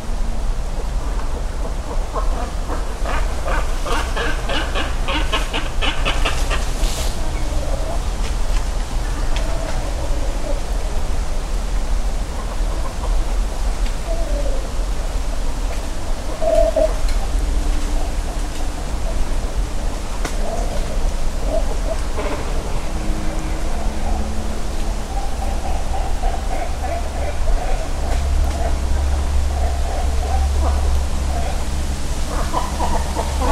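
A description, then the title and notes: Great cormorants at a nesting colony keep up a steady, dense chorus of low, guttural croaks and grunts, with scattered higher calls around 5, 15 and 25 seconds. A constant low rumble, like wind or traffic, runs underneath throughout. Great Cormorants Nesting. Great cormorant colony beginning to nest in Hayashi, Ritto City, Shiga Prefecture, Japan. Recorded with EM172 stereo mics attached to a tree about 30cm in diameter, Sony ECM-M10 recorder. Post-processing with Audacity on a Fedora Linux workstation included only trimming and normalizing, with no EQ, filters, or other effects.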